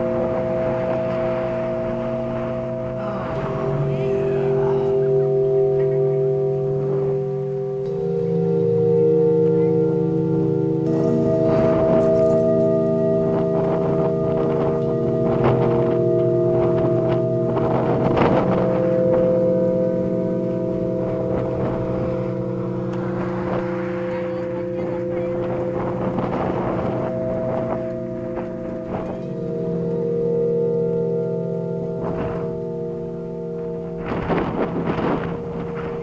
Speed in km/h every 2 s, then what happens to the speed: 2, 2, 0, 3, 3, 2, 2, 2, 0, 0, 0, 0, 0, 2, 0, 3, 2, 0.
0-36 standing.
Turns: none.